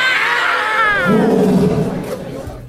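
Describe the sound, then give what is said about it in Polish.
A child lets out a loud, drawn-out roar imitating a lion. The strained voice starts high and slides lower into a growly rumble over a couple of seconds. “Potraficie tak zaryczeć jak lew?”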